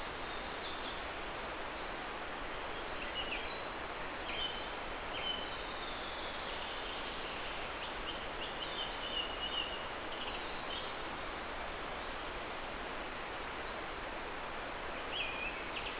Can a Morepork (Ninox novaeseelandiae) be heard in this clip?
no